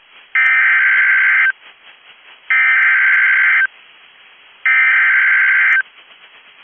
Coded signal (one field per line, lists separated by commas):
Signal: Emergency Alert System (SAME) tones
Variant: header bursts